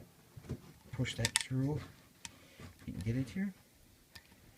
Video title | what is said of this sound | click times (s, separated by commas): Jul 15, 2014 | and and the first couple times you do this it can be a pain there went it popped in | 4.2 s